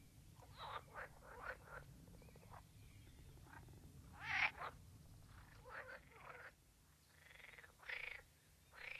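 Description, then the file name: Green frog croaking in a busy series of short, rasping pulsed bursts, some louder notes standing out, over a low steady background hum. "grenouille verte"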